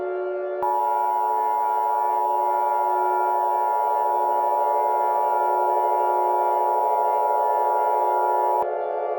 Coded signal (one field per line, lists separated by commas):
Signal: Emergency Alert System (SAME) tones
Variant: 853 and 960 Hz attention tone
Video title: EAS Scenario - WordWorld